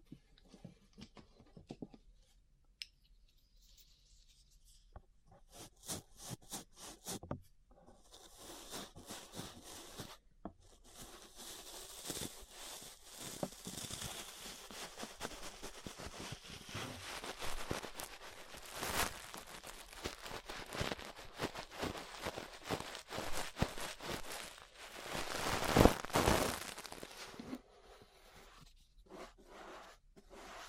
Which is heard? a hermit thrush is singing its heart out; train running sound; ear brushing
ear brushing